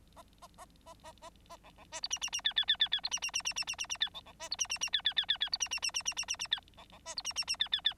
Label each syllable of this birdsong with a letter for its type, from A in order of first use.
A A A A A A A B B C D E E E F F F F F D E E E E E E E E F B B C D E E E F F F F F D E E E E E E E E F B B C D E E E F F F